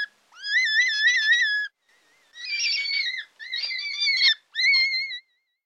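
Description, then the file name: European rabbit uttering long tremulous squealing cries with a quavering pitch, four bursts separated by short pauses, some rougher and harsher than others. "Wildkaninchen Oryctolagus cuniculus"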